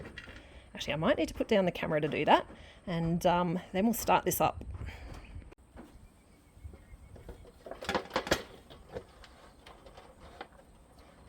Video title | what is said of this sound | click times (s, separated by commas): Shelf Stable BEEF POT ROAST in a JAR - Working our way through our HALF A COW order Direct from Farm | that's now locked into place. | 8.3 s